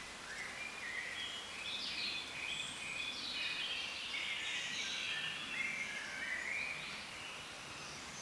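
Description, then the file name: European robin song, a continuous run of high, thin, varied warbled and trilled phrases shifting in pitch, over steady background hiss. "Erithacus rubecula"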